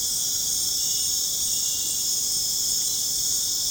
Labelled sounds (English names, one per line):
none